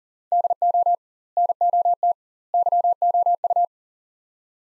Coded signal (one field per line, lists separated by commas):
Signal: Morse code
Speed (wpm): 40 wpm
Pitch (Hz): 700 Hz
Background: none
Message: DO NOT YOU